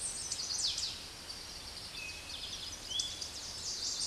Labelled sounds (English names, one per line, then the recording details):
Chestnut-sided Warbler song
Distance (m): 15 m
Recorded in a Pennsylvania forest on 16 May 2024 at 07:10
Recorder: AudioMoth, point MSD-1849
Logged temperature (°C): 12.1 °C
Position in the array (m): 35 m, 44 m